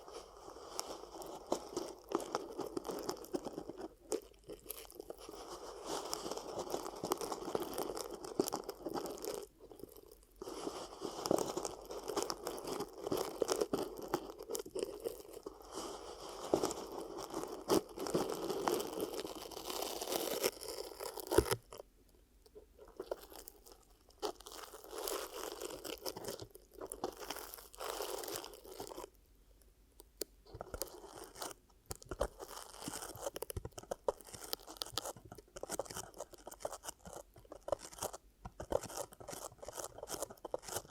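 Ear cupping ASMR triggers: crunchy, crinkling rubs in dense bursts, muffled for the first twenty seconds, then sparser, sharper scratches with brief pauses.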